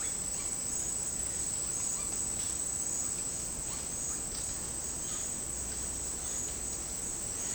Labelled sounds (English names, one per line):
none